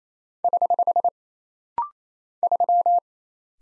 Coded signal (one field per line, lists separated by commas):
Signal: Morse code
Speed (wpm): 27 wpm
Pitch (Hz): 700 Hz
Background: none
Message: <HH> 3